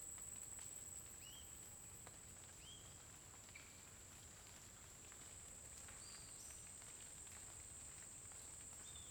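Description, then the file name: Cricket keeps up a steady high tone, as a bird slips in short whistled notes at intervals. Constant cricket sound in a forest during the day, with a bird singing at intervals. "Grilo constante na floresta dia passaro canta em intervalos"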